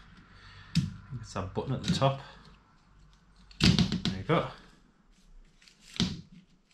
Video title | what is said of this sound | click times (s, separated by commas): Ford Focus Estate MK3 2015 1.5 TDCI Front Wiper Blade Replacement - How to replace your Wiper Blades | didn't click but it's in | none